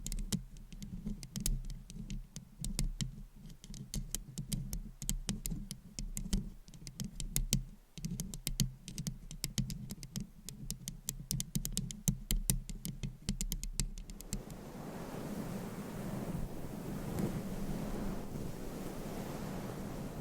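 Rapid scratching on a microphone fills the first fourteen seconds, a dense stream of crisp clicks and scrapes over a low rumble. Around fourteen seconds it turns into a softer, muffled rubbing, steadier and duller, as if through a fuzzy cover.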